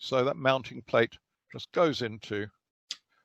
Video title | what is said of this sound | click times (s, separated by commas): "Two Eyes Are Better Than One" | that like that locks in place | 2.9 s